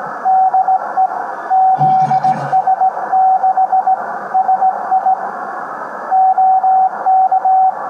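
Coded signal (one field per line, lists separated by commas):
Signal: Morse code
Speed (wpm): 18 wpm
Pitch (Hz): 760 Hz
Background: radio noise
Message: DE ZS6SI OK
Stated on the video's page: CQ call in Morse; the grid locator begins with KG.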